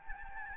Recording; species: mosquito wingbeat signal from an infrared sensor; Aedes albopictus